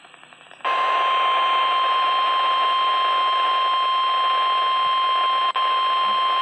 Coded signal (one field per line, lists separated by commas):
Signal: Emergency Alert System (SAME) tones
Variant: 1050 Hz attention tone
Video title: EAS Tornado Warning Amarillo Texas metropolitan area NOAA Weather Radio